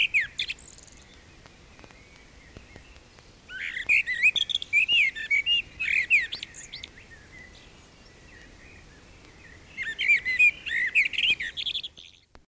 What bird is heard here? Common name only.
Common Blackbird